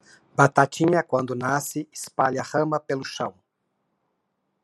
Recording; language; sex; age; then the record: short text; Brazilian Portuguese; male; 50 to 59 years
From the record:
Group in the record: control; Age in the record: 54 years